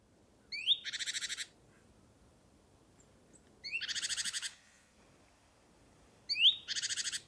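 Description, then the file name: Great tit scolding: three bursts, each a thin rising note leading into a dry, buzzy, pulsed churr lasting under a second. "Parus major"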